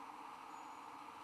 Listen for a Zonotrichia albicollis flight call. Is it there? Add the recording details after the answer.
no. No flight call is heard. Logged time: 04:08 on 15 December 2014